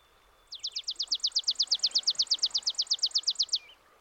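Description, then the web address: Chipping sparrow song: a single rapid, dry, even trill of sharp high chips lasting about three seconds, over a low steady background hiss. "Dan Gibson's Solitudes Nature Trails. Chipping Sparrow"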